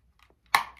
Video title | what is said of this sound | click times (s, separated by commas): TISAS 1911 / COUPON SALE ON ALL HOLSTERS | A little click. | 0.5 s